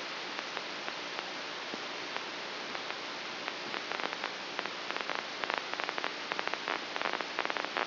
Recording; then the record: brain microelectrode recording played as sound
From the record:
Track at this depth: inside the subthalamic nucleus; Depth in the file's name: 2.004 mm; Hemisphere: left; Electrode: 2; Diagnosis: Parkinson's disease